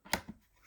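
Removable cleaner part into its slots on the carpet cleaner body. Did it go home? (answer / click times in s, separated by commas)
yes / 0.1 s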